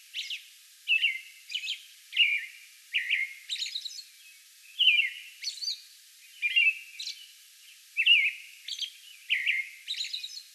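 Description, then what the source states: American robin song, steady series of warbled whistled phrases, some with thin high squeaks added. Song bout recorded May 11.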